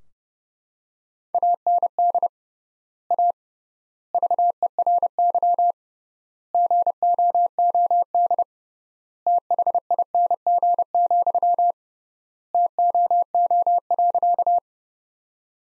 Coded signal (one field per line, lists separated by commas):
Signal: Morse code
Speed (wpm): 31 wpm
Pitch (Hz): 700 Hz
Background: none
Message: AND A VERY GOOD THING, TOO.